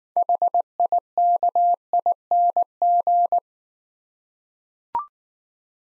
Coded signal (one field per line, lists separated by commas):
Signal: Morse code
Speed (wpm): 19 wpm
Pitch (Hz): 700 Hz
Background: none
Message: HIKING